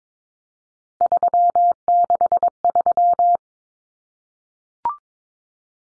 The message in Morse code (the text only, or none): 363